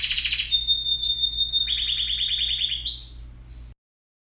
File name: Canary Singing